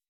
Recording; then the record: hydrophone in a shrimp aquaculture tank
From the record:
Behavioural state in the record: weakened